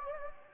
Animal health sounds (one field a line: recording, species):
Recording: mosquito wingbeat signal from an infrared sensor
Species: Anopheles gambiae